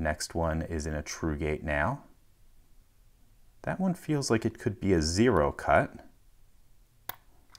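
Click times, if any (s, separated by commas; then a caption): 7.1 s. Someone talks while picking the last disc of a Lumà disc-detainer chain lock with a tensioner and pick. At 7.1 s a single sharp click sounds as the final disc rotates into its gate, and the lock opens.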